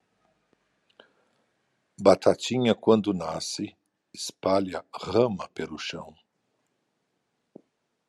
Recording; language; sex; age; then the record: short text; Brazilian Portuguese; male; 60 to 69 years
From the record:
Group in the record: control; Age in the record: 66 years